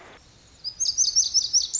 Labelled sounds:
Lazuli Bunting
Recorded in Sonoma County, California

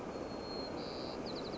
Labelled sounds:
White-crowned Sparrow
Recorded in Sonoma County, California

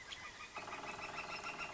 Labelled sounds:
Northern Flicker
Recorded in Sonoma County, California

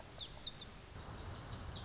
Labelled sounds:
Lazuli Bunting
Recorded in Sonoma County, California

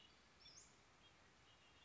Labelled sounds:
Red-winged Blackbird
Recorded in Sonoma County, California

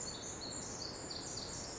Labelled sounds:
Pacific Wren
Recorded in Sonoma County, California

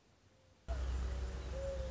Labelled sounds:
Mourning Dove
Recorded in Sonoma County, California

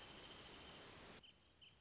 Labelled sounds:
Wrentit
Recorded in Sonoma County, California

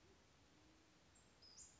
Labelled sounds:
Western Flycatcher
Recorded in Sonoma County, California

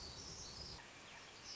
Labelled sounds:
Black-throated Gray Warbler
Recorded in Sonoma County, California

